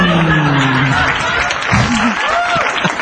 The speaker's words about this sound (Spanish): Pedimos un fuerte aplauso para la gelatina de limón.